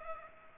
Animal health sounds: mosquito wingbeat signal from an infrared sensor; Culex pipiens

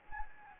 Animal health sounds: mosquito wingbeat signal from an infrared sensor; Anopheles gambiae

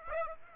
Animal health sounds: mosquito wingbeat signal from an infrared sensor; Aedes aegypti

